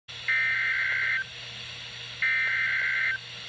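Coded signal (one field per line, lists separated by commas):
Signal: Emergency Alert System (SAME) tones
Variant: header bursts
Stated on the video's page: NOAA Weather Radio required weekly tests.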